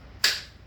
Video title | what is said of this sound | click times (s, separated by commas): Sienna Camper Van - The evolution of the "The Loser Cruiser" Series - Camp Equipment | clicks right in there easy to withdraw | 0.2 s